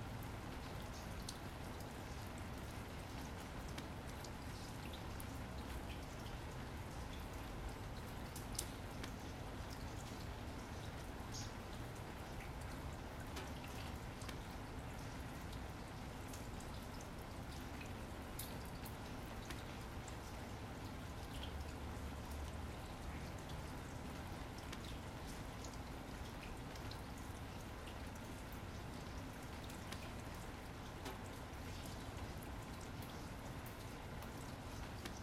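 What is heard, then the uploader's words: Morning rain falls in a steady, dense wash that holds the same level for the whole stretch. Countless fine drops blend into a continuous hiss, with scattered sharper taps poking out now and then, and a low rumble running underneath throughout. January Rain. The rain sounds this morning we’re so beautiful!!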